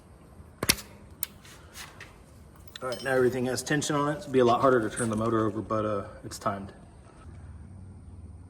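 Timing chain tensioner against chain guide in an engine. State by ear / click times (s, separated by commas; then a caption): released / 0.6 s, 0.7 s, 1.2 s. Retaining pins are pulled from new metal Boss 302 timing chain tensioners on a Gen 2 Coyote engine, letting each spring-loaded plunger snap out against the chain guide with sharp clicks at 0.6, 0.7 and 1.2 seconds. Someone then talks as the tensioners sit released, with the chain now under tension and the engine timed.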